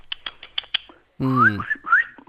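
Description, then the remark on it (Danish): A voice makes coaxing sounds to a bird thought to be a canary: a quick run of sharp kissing clicks, then a high, sing-song warble with rising, whistly glides. “Og jeg siger sådan nogle lyde, som man gør til fugle.”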